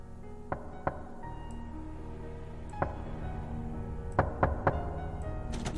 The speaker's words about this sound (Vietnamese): Sau đó, cái tiếng gõ cửa vang lên, có tiếng người đi lại lọc cả lọc cọc ở bên ngoài hè.